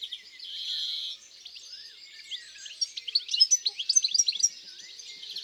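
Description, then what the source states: European greenfinch song opening with a long wheezy buzz, then a pause and lively, varied twittering notes. In the countryside.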